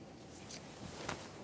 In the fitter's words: press it in listen for our click make sure that's secured